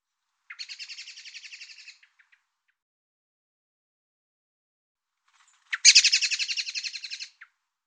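Bird calls: two buzzy, rapidly pulsed bursts, the first softer and the second louder, separated by a few seconds of silence.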